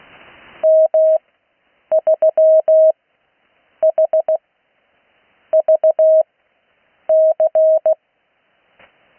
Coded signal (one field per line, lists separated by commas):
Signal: Morse code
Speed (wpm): 16 wpm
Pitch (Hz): 630 Hz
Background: none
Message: M3HVC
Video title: Morse code practice recorded live on 80m 19-08-2026